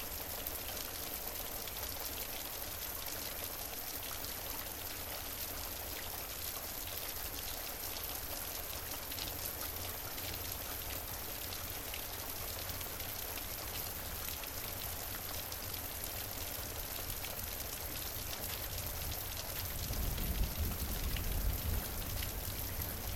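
Steady, dense rain hisses evenly throughout, with a fine crackle of drops spattering on surfaces. Near the end, around twenty seconds in, a low roll of thunder swells up beneath the rain and lingers to the close.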